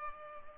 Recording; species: mosquito wingbeat signal from an infrared sensor; Culex pipiens